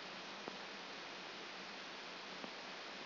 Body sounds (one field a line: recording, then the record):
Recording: brain microelectrode recording played as sound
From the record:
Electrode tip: outside the subthalamic nucleus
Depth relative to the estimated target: -4 mm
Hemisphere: left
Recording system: AlphaMap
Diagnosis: Parkinson's disease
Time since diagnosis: 14 years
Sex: female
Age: 58 years